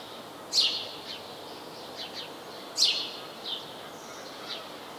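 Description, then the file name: House sparrow calling with two loud, sharp descending chirps about two seconds apart, followed by softer chirps, over low background noise. "Passer domesticus"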